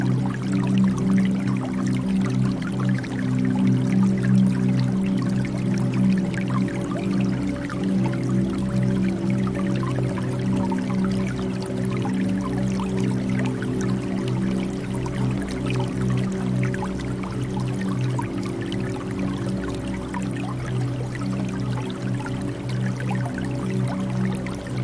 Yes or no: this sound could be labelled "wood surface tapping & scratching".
no